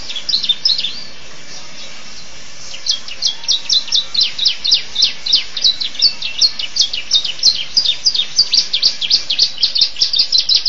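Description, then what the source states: Canary song: a short burst of high notes, a pause, then a long rapid series of sharp descending chirps in quick rhythmic bursts. Champion canary.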